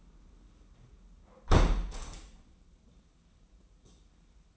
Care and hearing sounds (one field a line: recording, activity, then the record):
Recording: daily activity, microphone in the room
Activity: close window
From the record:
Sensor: 1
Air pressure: 994.4 hPa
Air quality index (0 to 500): 213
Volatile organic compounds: 1000 ppm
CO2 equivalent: 7665 ppm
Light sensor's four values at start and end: 77/169/76/81 and 77/167/76/80